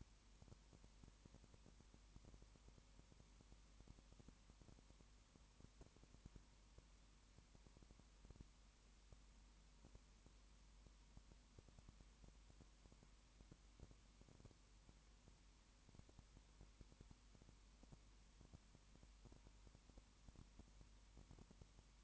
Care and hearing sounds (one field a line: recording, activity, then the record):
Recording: daily activity, microphone in the room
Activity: no activity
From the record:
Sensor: 1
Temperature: 19.7 degrees Celsius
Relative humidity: 40.5%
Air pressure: 1010.7 hPa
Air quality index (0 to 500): 209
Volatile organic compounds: 56 ppm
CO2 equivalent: 3375 ppm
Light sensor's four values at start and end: 1/2/1/1 and 1/2/1/1